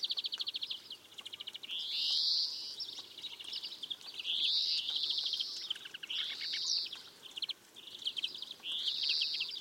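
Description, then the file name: European greenfinch song: repeated harsh, rising wheezes roughly every two seconds, linked by rapid chattering trills. "Chloris chloris"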